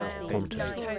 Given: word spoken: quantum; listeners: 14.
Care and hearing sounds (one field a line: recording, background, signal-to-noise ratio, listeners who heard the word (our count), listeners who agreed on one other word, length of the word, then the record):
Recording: one English word in noise, from a listening test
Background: four-talker babble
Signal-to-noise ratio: -0.1 dB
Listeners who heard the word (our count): 0 of 14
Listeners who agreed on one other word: 9 of 14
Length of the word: 0.59 s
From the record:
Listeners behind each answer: 9, 1, 1, 1, 1, 1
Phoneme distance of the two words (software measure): 34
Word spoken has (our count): 2 syllables, 7 phonemes, stress on syllable 1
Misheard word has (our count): 2 syllables, 7 phonemes, stress on syllable 1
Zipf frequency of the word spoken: 3.51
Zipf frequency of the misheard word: 4.22